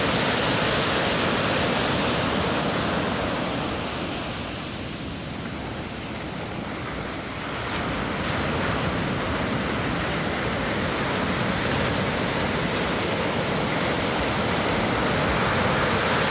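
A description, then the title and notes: Surf roars steadily on the beach at Moss Landing, California, a dense, unbroken wash of hiss and rumble. Between about four and seven seconds it eases slightly and turns duller, then swells back to a fuller, brighter roar that holds to the end. Beach at Moss Landing, California.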